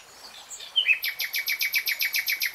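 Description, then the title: Nightingale song: a brief note followed by a fast, evenly repeated series of loud pulses. Nightingale singing in real time. "[Tiếng chim hót] Nightingale Singing"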